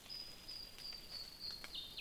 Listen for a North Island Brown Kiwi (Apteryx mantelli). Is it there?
no